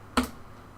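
A second RAM memory module is slid down level into its DIMM slot on a motherboard and pushed until the latch snaps, with a single sharp click at 0.2 s. The module is seated.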